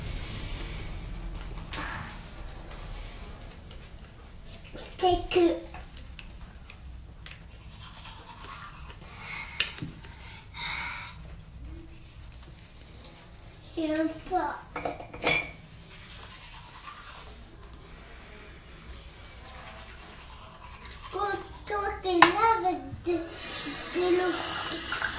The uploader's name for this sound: teeth brushing